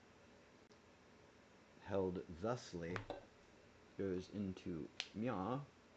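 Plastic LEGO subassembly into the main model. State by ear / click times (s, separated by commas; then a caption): not seated / none. A plastic LEGO subassembly is held and handled in preparation for being pushed into the main model, with faint handling noise under a man talking. Nothing has seated or clicked yet.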